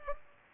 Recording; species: mosquito wingbeat signal from an infrared sensor; Culex pipiens